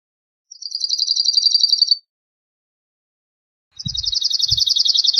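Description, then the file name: Cirl bunting singing two fast, even rattles of identical notes, the second running on to the end, with two brief low thumps during the second rattle. "Canto do escrevedeira de garganta preta"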